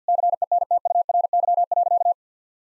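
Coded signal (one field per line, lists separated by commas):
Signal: Morse code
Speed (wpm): 50 wpm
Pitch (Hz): 700 Hz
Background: none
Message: CENTURY.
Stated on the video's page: Morse practice at 50 WPM: sentences built from common six-word phrases, each sent in Morse, then spoken, then sent again.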